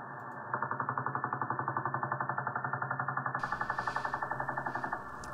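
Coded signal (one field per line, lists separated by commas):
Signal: radar signal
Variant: Russian Woodpecker (Duga)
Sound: rapid harsh tapping or knocking, about ten pulses per second, steady throughout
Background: radio static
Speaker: what you're hearing is the Russian woodpecker radar from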